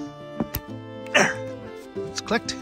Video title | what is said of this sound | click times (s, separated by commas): Mounting a Kubota Straight Plow on an RTV-1100 | important thing on these is to push it down until you hear it click there let's | 0.4 s, 0.6 s